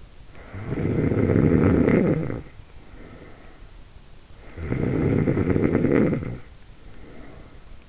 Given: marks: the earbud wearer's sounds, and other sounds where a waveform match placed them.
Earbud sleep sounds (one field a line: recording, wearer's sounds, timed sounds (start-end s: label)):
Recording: sounds in sleep by an in-ear microphone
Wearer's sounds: snoring breath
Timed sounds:
0.28-3.88 s: snoring breath
4.46-7.88 s: snoring breath